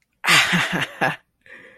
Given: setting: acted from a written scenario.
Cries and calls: vocal sound without words; triumph

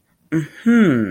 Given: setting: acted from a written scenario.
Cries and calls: vocal sound without words; interest

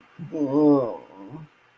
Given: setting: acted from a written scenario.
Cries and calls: vocal sound without words; guilt

